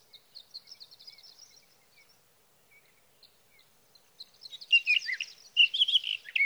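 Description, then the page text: Sage thrasher song that starts with soft, high, scattered notes, then swells into loud, rapid warbling near the end. Male singing at night near his night roost, three nights from June 12 to June 15, 2018, Sierra Valley, California; captured on a Swift recorder. "61. Sage thrasher songs, through the night."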